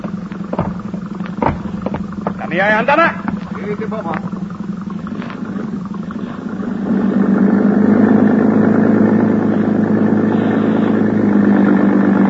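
A few knocks and a brief warbling tone give way to the engine of a boat at the Harbor Police Dock, which starts up and settles into a loud, steady, low rumbling drone lasting to the end.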